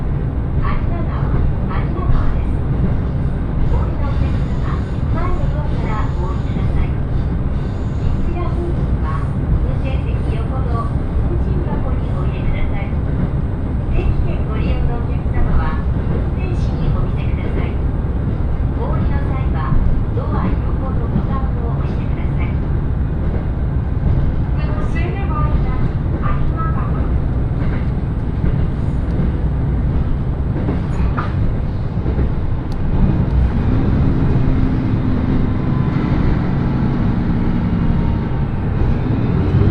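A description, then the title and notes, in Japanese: Aboard a train on the Echigo Tokimeki Railway, a steady low rumble of the running carriage fills the whole clip at an even loudness. Faint voices and small clicks and rattles come and go, and near the end a rising whine joins the rumble. 耳で楽しむ鉄道旅 えちごトキめき鉄道 高田→直江津→糸魚川。ディーゼルカー1両で足りてしまいます。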